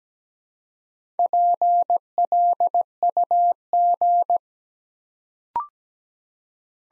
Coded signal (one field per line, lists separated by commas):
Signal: Morse code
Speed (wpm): 17 wpm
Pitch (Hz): 700 Hz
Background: none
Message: PLUG